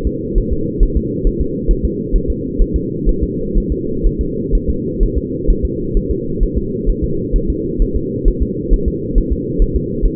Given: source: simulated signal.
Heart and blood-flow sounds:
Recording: fetal heart sounds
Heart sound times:
0.07 s: S2
0.38 s: S1
0.52 s: S2
0.83 s: S1
0.97 s: S2
1.27 s: S1
1.41 s: S2
1.71 s: S1
1.85 s: S2
2.16 s: S1
2.30 s: S2
2.61 s: S1
2.76 s: S2
3.09 s: S1
3.23 s: S2
3.58 s: S1
3.72 s: S2
4.06 s: S1
4.21 s: S2
4.55 s: S1
4.69 s: S2
5.03 s: S1
5.17 s: S2
5.50 s: S1
5.65 s: S2
5.97 s: S1
6.11 s: S2
6.43 s: S1
6.58 s: S2
6.89 s: S1
7.04 s: S2
7.36 s: S1
7.50 s: S2
7.82 s: S1
7.96 s: S2
8.28 s: S1
8.42 s: S2
8.73 s: S1
8.88 s: S2
9.18 s: S1
9.32 s: S2
9.62 s: S1
9.76 s: S2
10.05 s: S1
From the record:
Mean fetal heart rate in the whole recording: 130 bpm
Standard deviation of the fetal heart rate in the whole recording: 4 bpm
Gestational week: 38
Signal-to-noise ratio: -6.6 dB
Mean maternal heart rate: 72 bpm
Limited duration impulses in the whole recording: present

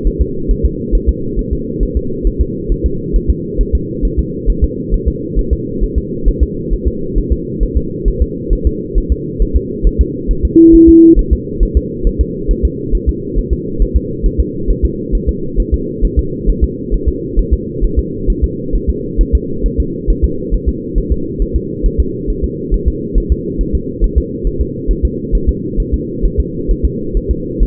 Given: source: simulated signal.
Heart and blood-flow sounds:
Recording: fetal heart sounds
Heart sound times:
0.07 s: S1
0.22 s: S2
0.51 s: S1
0.65 s: S2
0.95 s: S1
1.09 s: S2
1.39 s: S1
1.53 s: S2
1.83 s: S1
1.97 s: S2
2.27 s: S1
2.41 s: S2
2.72 s: S1
2.86 s: S2
3.16 s: S1
3.30 s: S2
3.61 s: S1
3.75 s: S2
4.05 s: S1
4.19 s: S2
4.50 s: S1
4.64 s: S2
4.94 s: S1
5.08 s: S2
5.39 s: S1
5.53 s: S2
5.84 s: S1
5.98 s: S2
6.29 s: S1
6.43 s: S2
6.73 s: S1
6.88 s: S2
7.18 s: S1
7.32 s: S2
7.63 s: S1
7.77 s: S2
8.08 s: S1
8.22 s: S2
8.53 s: S1
8.67 s: S2
8.98 s: S1
9.12 s: S2
9.42 s: S1
9.56 s: S2
9.87 s: S1
10.01 s: S2
10.31 s: S1
10.45 s: S2
10.75 s: S1
10.89 s: S2
11.19 s: S1
11.33 s: S2
11.63 s: S1
11.77 s: S2
12.07 s: S1
12.21 s: S2
12.51 s: S1
12.65 s: S2
12.95 s: S1
13.09 s: S2
13.38 s: S1
13.53 s: S2
13.82 s: S1
13.96 s: S2
14.26 s: S1
14.40 s: S2
14.70 s: S1
14.85 s: S2
15.15 s: S1
15.29 s: S2
15.60 s: S1
15.74 s: S2
16.05 s: S1
16.19 s: S2
16.50 s: S1
16.64 s: S2
16.94 s: S1
17.08 s: S2
17.39 s: S1
17.53 s: S2
17.85 s: S1
17.99 s: S2
18.30 s: S1
18.44 s: S2
18.75 s: S1
18.90 s: S2
19.21 s: S1
19.35 s: S2
19.66 s: S1
19.80 s: S2
20.10 s: S1
20.25 s: S2
20.54 s: S1
20.69 s: S2
20.98 s: S1
21.12 s: S2
21.42 s: S1
21.56 s: S2
21.86 s: S1
22.00 s: S2
22.30 s: S1
22.44 s: S2
22.74 s: S1
22.88 s: S2
23.18 s: S1
23.32 s: S2
23.61 s: S1
23.75 s: S2
24.04 s: S1
24.18 s: S2
24.47 s: S1
24.61 s: S2
24.91 s: S1
25.05 s: S2
25.35 s: S1
25.49 s: S2
25.80 s: S1
25.94 s: S2
26.25 s: S1
26.40 s: S2
26.71 s: S1
26.85 s: S2
27.17 s: S1
27.31 s: S2
27.63 s: S1
From the record:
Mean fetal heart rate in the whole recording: 135 bpm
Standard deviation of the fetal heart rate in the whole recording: 3 bpm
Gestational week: 36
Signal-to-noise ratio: -6.6 dB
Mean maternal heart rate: 72 bpm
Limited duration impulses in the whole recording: present

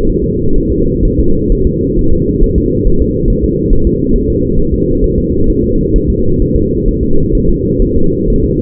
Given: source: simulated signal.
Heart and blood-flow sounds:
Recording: fetal heart sounds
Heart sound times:
0.09 s: S1
0.24 s: S2
0.58 s: S1
0.72 s: S2
1.05 s: S1
1.19 s: S2
1.52 s: S1
1.67 s: S2
1.99 s: S1
2.13 s: S2
2.44 s: S1
2.58 s: S2
2.87 s: S1
3.02 s: S2
3.30 s: S1
3.44 s: S2
3.73 s: S1
3.87 s: S2
4.16 s: S1
4.30 s: S2
4.59 s: S1
4.74 s: S2
5.04 s: S1
5.18 s: S2
5.50 s: S1
5.64 s: S2
5.96 s: S1
6.10 s: S2
6.42 s: S1
6.56 s: S2
6.88 s: S1
7.03 s: S2
7.35 s: S1
7.49 s: S2
7.82 s: S1
7.96 s: S2
8.30 s: S1
8.44 s: S2
From the record:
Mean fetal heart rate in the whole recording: 130 bpm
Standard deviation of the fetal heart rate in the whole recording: 4 bpm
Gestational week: 38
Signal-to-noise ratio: -17.7 dB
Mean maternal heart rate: 72 bpm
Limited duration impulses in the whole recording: present

